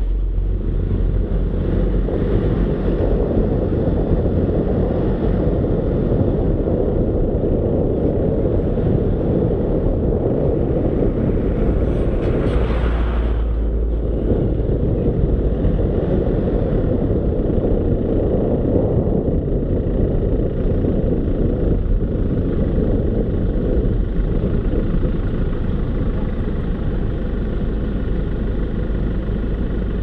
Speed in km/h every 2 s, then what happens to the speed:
15, 20, 22, 24, 23, 20, 20, 23, 24, 22, 17, 11, 7, 6, 3.
0-5 speeds up to 24. 5-17 steady at about 23. 17-30 slows to 3.